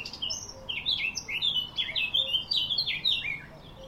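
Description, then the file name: Eurasian blackcap song, a lively rambling warble of short chirped and slurred notes, delivered without pause for nearly four seconds. "Sylvia atricapilla"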